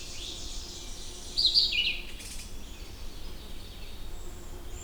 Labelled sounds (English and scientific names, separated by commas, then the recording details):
Red-eyed Vireo (Vireo olivaceus) song
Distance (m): 5 m
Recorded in boreal forest in Alberta, Canada, on 20 June 2016 at 08:05
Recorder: SongMeter 3, array SBT-6-81
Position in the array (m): 43 m, 216 m